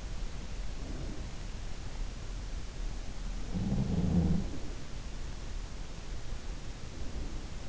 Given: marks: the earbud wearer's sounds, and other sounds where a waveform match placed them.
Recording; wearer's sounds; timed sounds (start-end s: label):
sounds in sleep by an in-ear microphone; breath
0.56-1.84 s: breath
3.43-4.85 s: sound from someone else or the room
6.67-7.69 s: breath